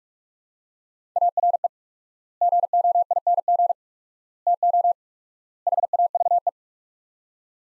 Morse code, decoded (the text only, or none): ARE GOING TO HAVE